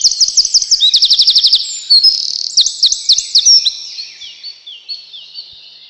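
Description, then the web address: Eurasian wren song, a loud rapid stream of high trills and metallic notes with fast buzzy rattles, continuous and energetic throughout. "relax birds крапивник"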